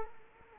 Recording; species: mosquito wingbeat signal from an infrared sensor; Culex quinquefasciatus